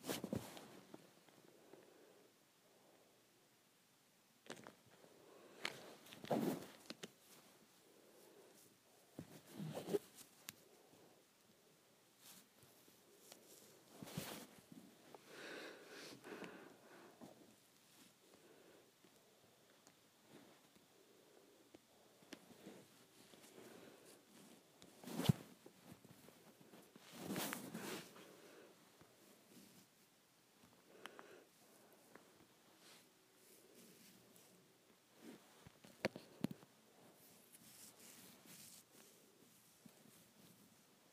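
Hands play with hair in soft, scratchy rustles, quiet in between and broken by brief brighter brushing bursts every few seconds. The strongest swishes fall around 5, 14, 25–28 and 36 seconds, and the handling stays irregular throughout with no other sounds.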